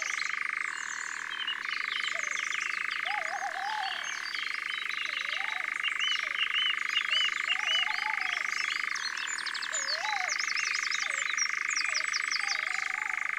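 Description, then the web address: European nightjar churring without pause. The trill shifts between a higher and a lower pitch several times, with repeated wavy low whistles and busy songbird song. "Engoulevent-d Europe abc-de-la-nature"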